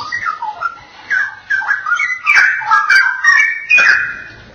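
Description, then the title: Oriental magpie-robin singing short, varied whistled phrases that slide up and down, with sharper, brighter notes in the later part. "Kicau Kacer"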